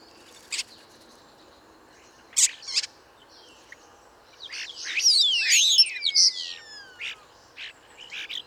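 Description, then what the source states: Common Starlings singing: a few scattered squeaky notes, then a dense burst of high whistles and slides from several birds together, tapering to sporadic notes. 5–8 starlings vocally challenging each other atop a ~20 m plane tree: trills, whistles, rolls, calls; Bois de Vincennes, 1 January 2019, foggy cold morning, ~8°; Nagra Seven, Wildtronic parabola, mono.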